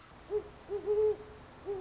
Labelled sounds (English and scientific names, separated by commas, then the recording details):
Great Horned Owl (Bubo virginianus)
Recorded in Sonoma County, California